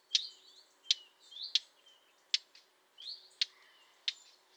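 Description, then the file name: Eurasian blackcap calling with dry, abrupt tacks spaced irregularly, with fainter upslurred notes in the gaps. "Sylvia atricapilla"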